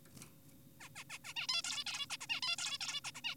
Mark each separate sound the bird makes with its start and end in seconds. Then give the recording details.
0.80-0.89, 0.96-1.04, 1.10-1.18, 1.24-1.34, 1.36-1.47, 1.49-1.62, 1.64-1.84, 1.87-2.06, 2.10-2.17, 2.21-2.27, 2.30-2.40, 2.42-2.56, 2.58-2.78, 2.81-3.01, 3.04-3.12, 3.15-3.21, 3.24-3.35. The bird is an adult. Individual g4p5U